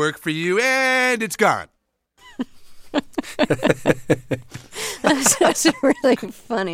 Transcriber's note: soundbite of laughter